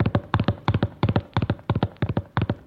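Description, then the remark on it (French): A horse gallops away before dawn, its hooves striking in a quick, repeating three-beat rhythm, sharp thudding strikes that keep an even loudness throughout, with no voices. “prenant son cheval qui traîne Dieppe furieusement.”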